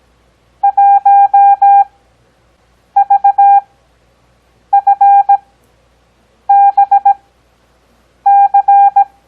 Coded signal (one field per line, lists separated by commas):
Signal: Morse code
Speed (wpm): 17 wpm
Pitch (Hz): 800 Hz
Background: none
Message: 1VFBC